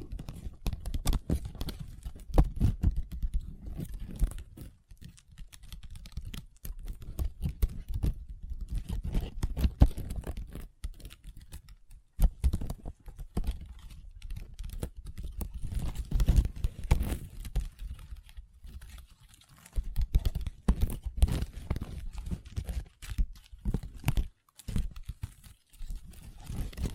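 Long nails tap and scratch on a table in dense, irregular clusters of sharp clicks, with brief pauses near 12, 19 and 24 seconds.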